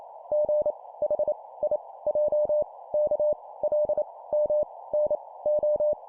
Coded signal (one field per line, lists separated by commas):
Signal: Morse code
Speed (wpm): 28 wpm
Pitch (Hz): 600 Hz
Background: none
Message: G H I J K L M N O